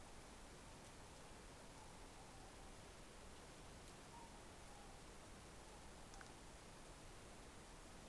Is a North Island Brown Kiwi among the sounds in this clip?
no